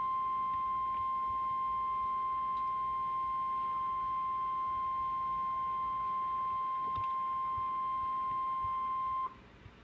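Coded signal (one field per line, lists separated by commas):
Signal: Emergency Alert System (SAME) tones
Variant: 1050 Hz attention tone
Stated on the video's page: NOAA Weather Radio thunderstorm watches and warnings, compilation.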